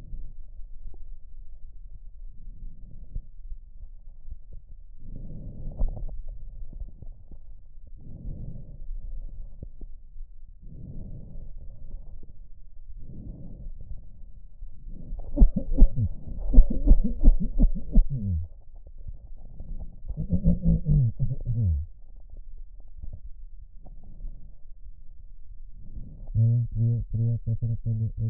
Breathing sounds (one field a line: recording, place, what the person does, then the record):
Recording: lung sounds by stethoscope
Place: left posterior basal chest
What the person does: quiet breathing, then cough and speech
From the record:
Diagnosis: none (healthy)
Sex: male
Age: 45 years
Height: 173 cm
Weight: 92 kg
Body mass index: 30.7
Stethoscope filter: extended mode